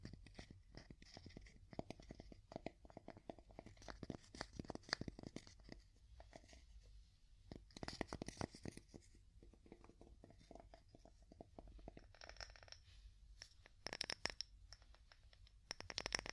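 Wood tapping in quick, uneven bursts of sharp clicks and knocks, dense through the first eight seconds, sparser in the middle, then picking up again near fourteen seconds. A low rumble sits underneath throughout, with some scratchy, crinkling textures between taps.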